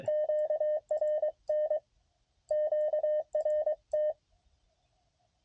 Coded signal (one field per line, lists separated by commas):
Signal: Morse code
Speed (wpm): 23 wpm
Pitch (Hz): 590 Hz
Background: none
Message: QRN QRT